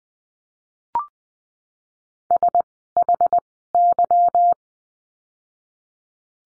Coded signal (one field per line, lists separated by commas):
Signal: Morse code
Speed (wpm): 20 wpm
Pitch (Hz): 700 Hz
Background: none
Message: SHY